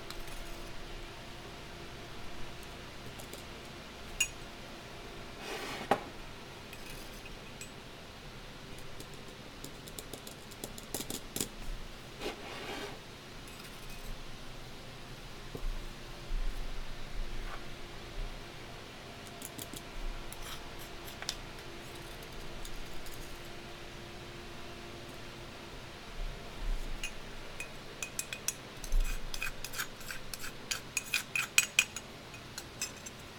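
Candle dressing and shuffling fill the recording with soft rustles and small handling noises, plus scattered sharp clicks and taps. Brief louder scrapes stand out near 6 and 12 seconds. Near the end, around 28 to 32 seconds, a denser run of quick cutting snips and clinks builds up.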